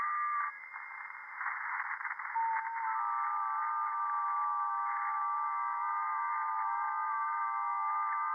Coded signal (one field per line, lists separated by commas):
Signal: FT8